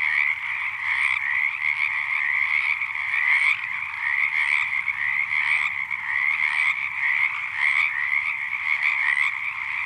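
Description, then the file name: Frog chorus of many overlapping pulsed trills forming an unbroken, buzzing roar, with occasional brief higher chirps on top. "Ledson Frogs"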